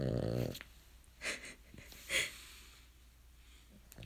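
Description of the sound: Two soft, airy snorting breaths about a second apart, faint beneath room noise, with brief voice fragments at the start and end. A dog snoring in the background, a normal sleeping sound.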